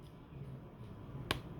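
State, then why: Seated. A small screw is turned counterclockwise in a threaded hole in a Samsung S7 Edge phone frame while the battery is being changed. Low handling noise leads up to a single sharp, bright click at 1.3 s. The click is the screw's thread dropping into the start of the thread, which confirms it is seated straight before it is tightened.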